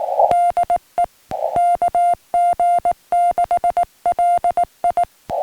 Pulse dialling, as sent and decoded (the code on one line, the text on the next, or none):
none